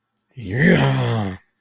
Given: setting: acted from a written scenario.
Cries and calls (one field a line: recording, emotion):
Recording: vocal sound without words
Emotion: triumph